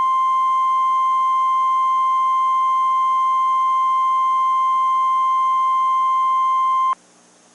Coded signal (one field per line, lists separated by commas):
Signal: Emergency Alert System (SAME) tones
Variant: 1050 Hz attention tone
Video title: EAS Scenario: Chicago Dies Redux